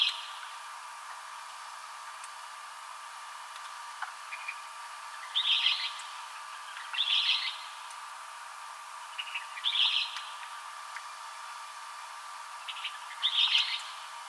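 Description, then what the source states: Western kingbird calls: brief, bright high-pitched notes repeated at irregular intervals over a constant background hiss and hum. Recorded 7 July 2007.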